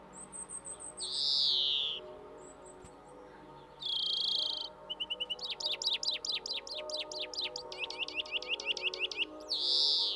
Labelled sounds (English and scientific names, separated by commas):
European Greenfinch (Chloris chloris) song